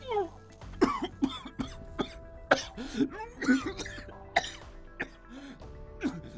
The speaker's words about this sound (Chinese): 人一靠着大门，只觉身体的力气在跟着流逝，他已经吸入了不少氨气，喉咙里火烧火燎的痛，头晕恶心，且止不住的咳嗽。